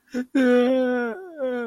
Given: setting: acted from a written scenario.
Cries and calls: vocal sound without words; sadness

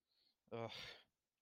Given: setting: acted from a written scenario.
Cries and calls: vocal sound without words; shame

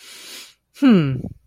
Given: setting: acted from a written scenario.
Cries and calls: vocal sound without words; pride

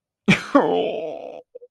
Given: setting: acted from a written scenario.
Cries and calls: vocal sound without words; sadness

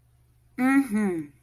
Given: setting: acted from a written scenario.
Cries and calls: vocal sound without words; contentment

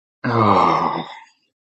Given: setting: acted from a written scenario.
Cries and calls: vocal sound without words; disappointment

